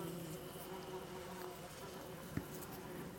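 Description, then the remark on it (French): Flies buzz in a steady, unbroken drone, a low hum with a slightly wavering pitch that keeps up throughout, broken only by one brief tick near the end. No one speaks. “Marc contemple son horrible collier de mouche.”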